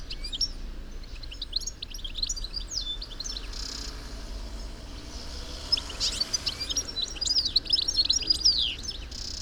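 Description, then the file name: European goldfinch twittering calls: scattered thin, high chirps early on, then a denser burst of liquid twitters near the end, over a steady low rumble. "Carduelis carduelis"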